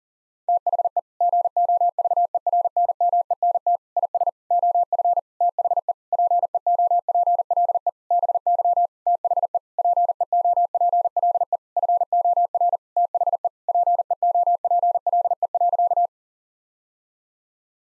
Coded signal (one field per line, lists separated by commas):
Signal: Morse code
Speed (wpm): 40 wpm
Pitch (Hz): 700 Hz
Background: none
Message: THE GOVERNMENT IS OF THE PEOPLE BY THE PEOPLE FOR THE PEOPLE.